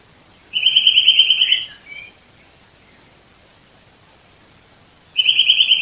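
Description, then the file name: Eurasian nuthatch, fast ringing trill of repeated high piping notes, a short pause with a soft note, then a second trill starting after about three seconds of quiet. "Sitta europaea"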